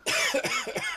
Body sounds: coughing mixed with background sound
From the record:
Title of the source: Dry Afternoon Cough

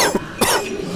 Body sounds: coughing mixed with background sound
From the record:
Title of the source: Coughing 79

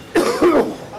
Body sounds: coughing mixed with background sound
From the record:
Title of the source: Coughing 77

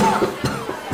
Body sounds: coughing mixed with background sound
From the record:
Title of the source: Mid-morning Winter Coughing Fit

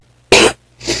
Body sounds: coughing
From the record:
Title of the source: 61 morning phlegmy cough...again

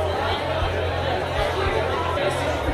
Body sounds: background sound without coughing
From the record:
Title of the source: CITY SOUNDS Busy Bar in the Evening Night - 2 HOURS of Ambiance for Relaxation

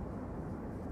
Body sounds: background sound without coughing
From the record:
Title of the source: Train Ride Ambience ambient white noise for sleeping, focus, studying, reading

